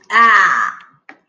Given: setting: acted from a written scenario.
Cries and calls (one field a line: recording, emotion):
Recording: vocal sound without words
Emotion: disgust